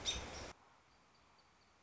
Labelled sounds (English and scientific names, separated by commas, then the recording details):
American Robin (Turdus migratorius)
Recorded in Sonoma County, California